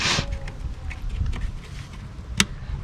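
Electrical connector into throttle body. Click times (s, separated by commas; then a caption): 2.4 s. An electrical connector is pushed onto the throttle body of a 2013-2019 Nissan Sentra 1.8L, with faint handling noises over a low rumble. A single sharp, loud snap at 2.4 s shows the connector has seated all the way down.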